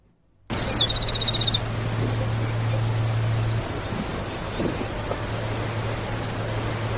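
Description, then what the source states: Rufous-collared Sparrow song: a high thin whistle followed by a rapid dry trill lasting about a second, then steady hiss and a low hum for the rest. Song; the species is described as a very typical local little bird.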